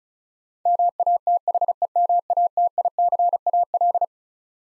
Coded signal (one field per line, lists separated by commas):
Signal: Morse code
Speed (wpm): 36 wpm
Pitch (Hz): 700 Hz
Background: none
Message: MATHEMATICAL